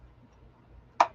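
A plastic hull panel of a partwork scale model starship (Eaglemoss Enterprise D) is slid into place on a starship section so its tabs go underneath and lock. After a quiet stretch of low background noise, one sharp, bright click sounds at 1.0 s, and the panel is seated with a good click.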